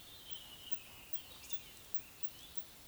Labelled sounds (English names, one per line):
Eurasian Woodcock whistle
Eurasian Woodcock croak